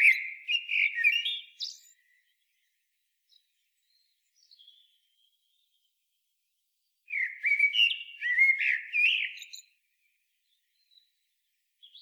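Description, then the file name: Common blackbird song: a mellow warbling phrase at the start, then a longer fluted, twittering phrase after roughly five seconds of quiet. "Turdus merula"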